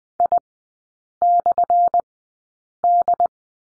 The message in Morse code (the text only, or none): I/D